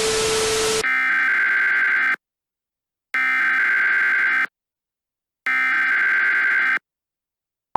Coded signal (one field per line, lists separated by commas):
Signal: Emergency Alert System (SAME) tones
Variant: header bursts